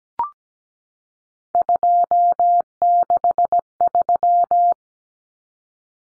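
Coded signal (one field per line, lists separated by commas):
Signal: Morse code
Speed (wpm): 17 wpm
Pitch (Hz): 700 Hz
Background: none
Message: 263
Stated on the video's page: Morse code practice of three-digit numbers at 17 wpm for head-copy.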